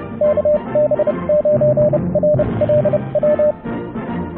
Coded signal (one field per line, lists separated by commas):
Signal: Morse code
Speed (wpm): 30 wpm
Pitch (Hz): 600 Hz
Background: radio noise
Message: KB9RLW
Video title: Ham Radio - The doublet vs EFHW noise rejection comparison.